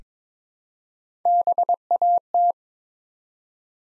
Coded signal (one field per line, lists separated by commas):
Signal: Morse code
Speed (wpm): 22 wpm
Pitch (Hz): 700 Hz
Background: none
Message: BAT